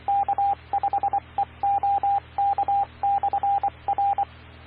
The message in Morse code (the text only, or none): K5EOK/R